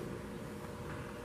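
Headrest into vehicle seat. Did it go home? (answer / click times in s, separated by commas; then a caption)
no / none. Someone handles a headrest, pushing it toward its mount on the seat in front of the folded-down third-row seat of a 2013 Mitsubishi Outlander SE while reaching from a blind position. Only a steady, low, broadband rumble is heard, with no distinct impacts. Nothing has seated or clicked yet.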